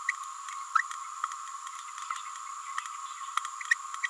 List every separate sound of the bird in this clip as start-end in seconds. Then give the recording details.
0.07-0.12, 0.75-0.83, 3.70-3.75, 4.02-4.08. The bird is a female. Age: 29 days. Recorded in a nest box in Venezuela. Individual 17B31A3